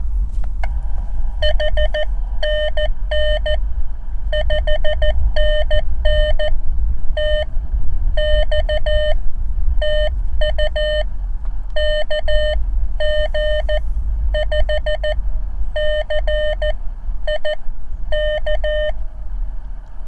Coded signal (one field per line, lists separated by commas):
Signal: Morse code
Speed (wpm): 14 wpm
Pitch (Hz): 610 Hz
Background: none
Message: H NN 5NN TX TU KG5CIK